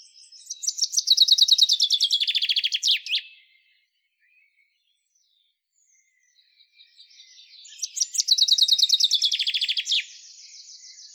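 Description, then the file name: Common chaffinch delivering two songs, each a lively descending series of quick notes ending in a crisp terminal flourish, separated by several seconds of near silence. "Fringilla coelebs"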